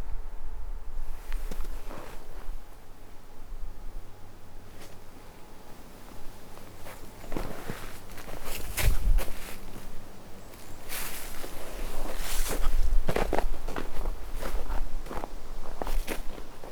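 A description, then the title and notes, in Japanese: Natural sounds along a walking path: footsteps crunch at an irregular pace over a low outdoor hum, with sharper, louder steps after eight seconds. お散歩道の自然の音。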